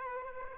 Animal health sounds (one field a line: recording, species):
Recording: mosquito wingbeat signal from an infrared sensor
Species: Aedes aegypti